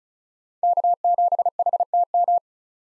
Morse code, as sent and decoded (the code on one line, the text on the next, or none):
-.- --... .... - --
K7HTM